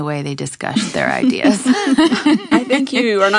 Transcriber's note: laughter